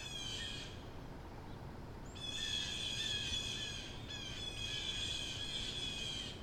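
Crow chatter: a brief squeaky burst, a pause of over a second, then a sustained high, rapidly pulsing run of notes.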